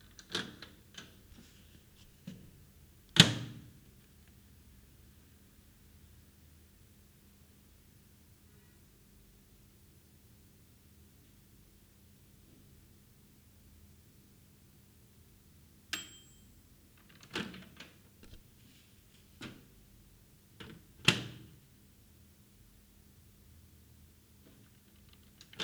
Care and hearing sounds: daily activity, guitar pickup as the sensor; use microwave

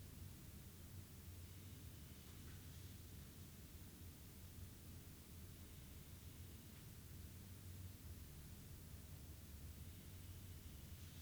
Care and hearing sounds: daily activity, guitar pickup as the sensor; sit

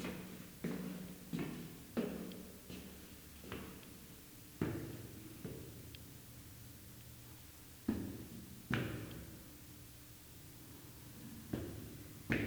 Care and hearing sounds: daily activity, guitar pickup as the sensor; go upstairs

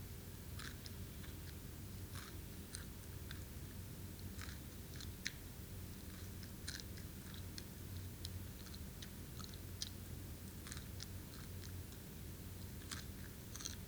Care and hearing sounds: daily activity, guitar pickup as the sensor; eat

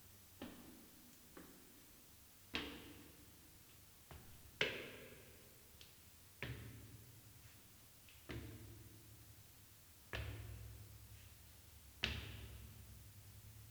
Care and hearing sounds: daily activity, guitar pickup as the sensor; go upstairs

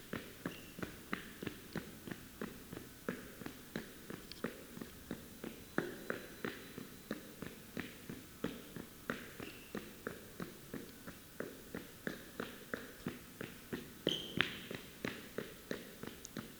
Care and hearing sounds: daily activity, guitar pickup as the sensor; run

